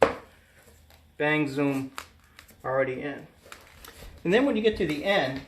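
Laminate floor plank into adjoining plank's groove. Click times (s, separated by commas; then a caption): 0.0 s. A TrafficMaster Gladstone Oak laminate floor plank is tilted up with its tongue engaged in the groove of the neighbouring plank, then laid down so the joint locks, giving a sharp, loud hit at 0.0 s. Someone then talks through the rest of the clip, and the plank is clicked into place.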